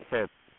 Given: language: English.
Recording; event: throat vibration sensor signal played as sound; speech